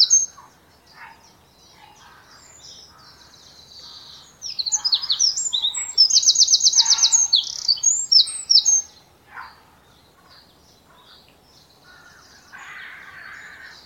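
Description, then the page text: Eurasian wren song: a burst of high, rapid twittering notes with a fast, buzzy trill in the middle, lasting about five seconds, then quieter scattered chirps. "Eurasian Wren Song Gjerdesmett Sang. knut the bird nerd"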